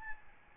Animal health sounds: mosquito wingbeat signal from an infrared sensor; Aedes albopictus

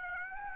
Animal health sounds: mosquito wingbeat signal from an infrared sensor; Aedes aegypti

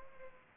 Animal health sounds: mosquito wingbeat signal from an infrared sensor; Culex pipiens

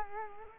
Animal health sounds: mosquito wingbeat signal from an infrared sensor; Culex quinquefasciatus

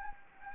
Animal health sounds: mosquito wingbeat signal from an infrared sensor; Anopheles gambiae

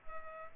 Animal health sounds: mosquito wingbeat signal from an infrared sensor; Culex pipiens

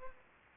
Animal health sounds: mosquito wingbeat signal from an infrared sensor; Aedes aegypti

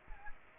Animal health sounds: mosquito wingbeat signal from an infrared sensor; Aedes aegypti

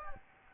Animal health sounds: mosquito wingbeat signal from an infrared sensor; Anopheles gambiae

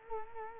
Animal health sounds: mosquito wingbeat signal from an infrared sensor; Culex quinquefasciatus

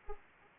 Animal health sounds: mosquito wingbeat signal from an infrared sensor; Anopheles arabiensis

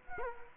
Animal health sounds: mosquito wingbeat signal from an infrared sensor; Culex quinquefasciatus

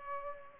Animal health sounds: mosquito wingbeat signal from an infrared sensor; Culex pipiens

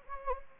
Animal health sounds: mosquito wingbeat signal from an infrared sensor; Anopheles gambiae

